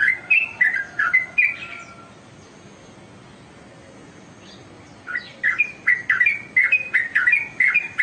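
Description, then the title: Oriental magpie-robin song: a burst of clear, slurred whistled notes, a pause of about three seconds, then a run of bright repeated whistles. "Kicau Kacer"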